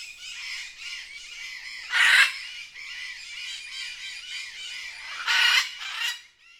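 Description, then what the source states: Birds squawking in a busy chorus of harsh, nasal, repeated calls, with two louder raucous outbursts standing above the constant chatter. Jungle setting; from the Best Service Blue Box sound library.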